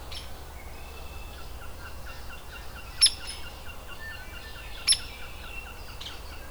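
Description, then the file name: Hairy woodpecker giving two sharp peek notes, while another bird chips softly and rapidly in the background. Adult. "Hairy WPAdult"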